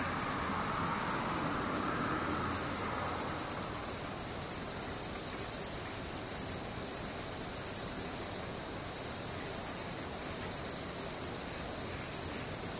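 Insects chirr in a fast, steady pulsing trill, high and bright, running almost without pause except for brief gaps near 8.5 and 11.5 seconds. Underneath lies a soft, even rushing hiss, with a low murmur swelling around the first three seconds.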